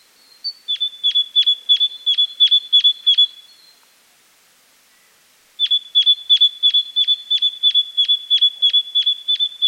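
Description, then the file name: Great tit calling with sharp metallic 'pink' notes, a short rapid run, a brief silence, then a longer steady series at about three notes per second. "Parus major"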